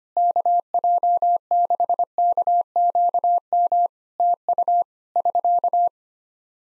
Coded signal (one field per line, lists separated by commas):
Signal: Morse code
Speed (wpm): 25 wpm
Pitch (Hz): 700 Hz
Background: none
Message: KJ6KQM TU <SK>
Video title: Practice QSO - Exchange 4- Ending - 25wpm